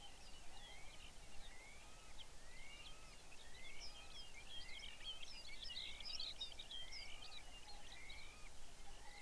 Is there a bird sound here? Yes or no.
yes